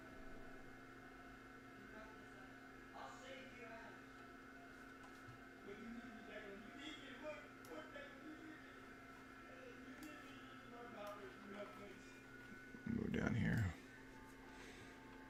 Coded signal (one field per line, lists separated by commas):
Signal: FT8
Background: speech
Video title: SOLAR ECLIPSE and HAM RADIO